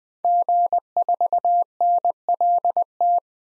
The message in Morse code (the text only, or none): G4NLT